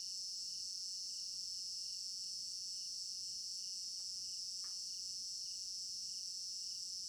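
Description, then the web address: Crickets chirping in a continuous high, throbbing chorus, with one brief soft sound later on. Crickets in an African village garden at night, stereo binaural recording. "African-Village Garden Night Crickets 03 Stereo-Binaural. immersive sound library"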